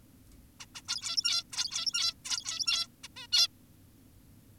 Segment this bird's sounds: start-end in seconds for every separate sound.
0.60-0.66, 0.75-0.82, 0.88-1.44, 1.52-2.14, 2.25-2.88, 3.04-3.08, 3.16-3.27, 3.32-3.48